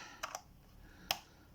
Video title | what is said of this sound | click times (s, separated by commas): Can I fix it? Sony PSP with multiple faults | click it down, listen for the click, turn it around this way, | 1.1 s